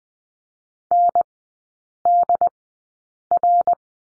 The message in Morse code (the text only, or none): NDR